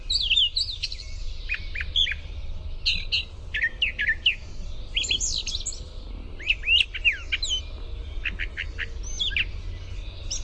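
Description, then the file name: Brown thrasher song, rapid varied chirps and slurred notes, some phrases doubled, steady throughout, with faint low-pitched background noise. "BRTH song"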